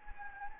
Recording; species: mosquito wingbeat signal from an infrared sensor; Anopheles gambiae